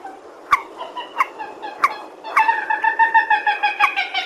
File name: tieng trich re keu